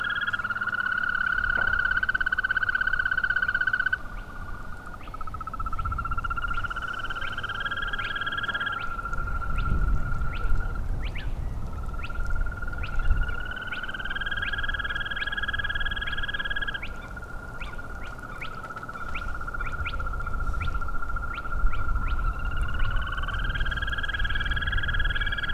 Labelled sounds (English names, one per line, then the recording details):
Green Toad
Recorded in the wild
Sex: male
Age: adult
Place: Falkenberger Rieselfelder, Barnim, Berlin, DE
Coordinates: 52.5828, 13.5461
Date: 1995-04-30 22:15
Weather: bedeckt, ca. 10°C, schwacher bis mäßiger Wind
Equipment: Sony TCD-D3, Sennheiser ME 80, K 30 AV (III), Windschutz
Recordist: Frommolt, Karl-Heinz